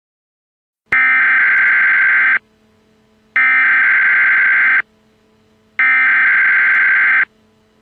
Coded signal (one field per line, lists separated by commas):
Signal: Emergency Alert System (SAME) tones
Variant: header bursts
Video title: EAS scenario #4: Super bowl massacre